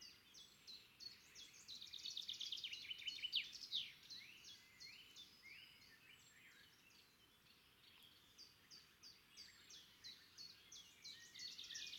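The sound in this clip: Bird chirping: dense high chirps and slurred notes, loudest early on, then scattered rapid chips over constant low background noise.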